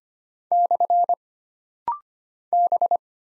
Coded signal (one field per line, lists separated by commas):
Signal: Morse code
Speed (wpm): 25 wpm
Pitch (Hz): 700 Hz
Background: none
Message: / B